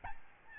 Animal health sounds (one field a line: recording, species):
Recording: mosquito wingbeat signal from an infrared sensor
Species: Aedes albopictus